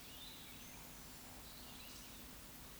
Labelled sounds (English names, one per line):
Eurasian Woodcock whistle
Eurasian Woodcock croak